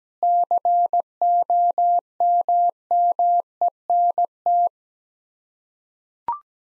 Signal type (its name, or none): Morse code